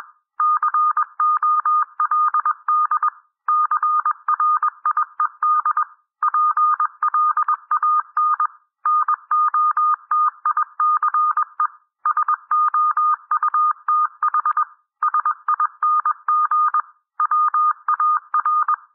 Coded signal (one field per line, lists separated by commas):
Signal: Morse code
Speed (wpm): 21 wpm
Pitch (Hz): 1220 Hz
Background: none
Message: COLD CRIED PLAN NOTICE SOUTH SING WAR